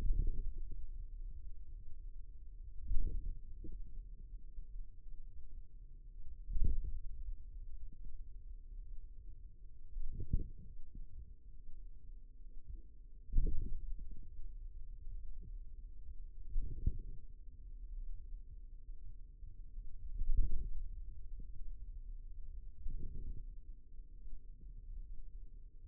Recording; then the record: forearm muscle sounds (acoustic myography)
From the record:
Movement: wrist extension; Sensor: system 2, bracelet of six BSWA MPA416 microphones around the upper forearm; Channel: 4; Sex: male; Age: 22 years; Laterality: right